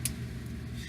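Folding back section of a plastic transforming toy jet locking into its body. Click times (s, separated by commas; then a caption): 0.0 s. The back section of a plastic transforming toy jet, a Transformers Revenge of the Fallen Deluxe Breakaway, is folded up accordion-style into its body. A short, sharp click is heard at 0.05 s over a low, steady background hum. The section locks into place.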